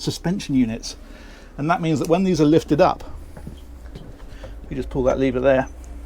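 Someone talks while a folding suspension seat squab on a shock-mitigation helm seat frame aboard a Supermarine Spearfish 32 boat is handled, with its lever about to be pulled to lift it. Two brief faint knocks are heard at about 3.4 and 3.9 s between the speech. The seat has not yet latched or clicked into its raised position.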